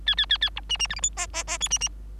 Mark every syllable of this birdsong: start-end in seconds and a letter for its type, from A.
0.06-0.15 A, 0.17-0.26 A, 0.29-0.38 A, 0.41-0.50 A, 0.56-0.60 B, 0.69-0.77 C, 0.79-0.87 C, 0.89-0.95 D, 0.96-1.00 E, 1.02-1.10 F, 1.17-1.27 G, 1.33-1.44 G, 1.47-1.58 G, 1.60-1.69 H, 1.70-1.78 C, 1.80-1.89 C